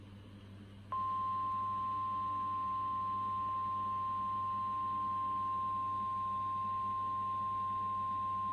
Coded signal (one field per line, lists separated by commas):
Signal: Emergency Alert System (SAME) tones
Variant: 1050 Hz attention tone